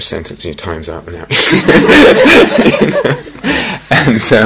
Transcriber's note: laughter